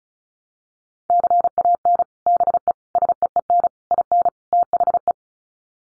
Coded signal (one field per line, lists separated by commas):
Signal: Morse code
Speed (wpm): 34 wpm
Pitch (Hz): 700 Hz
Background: none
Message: CAN BE SEEN IN THE